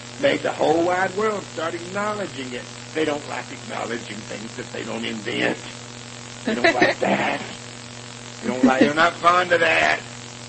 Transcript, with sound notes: made the whole wide world start acknowledging it. They don’t like acknowledging things that they don’t invent. [chuckles] They don’t like that. They’re not fond of that.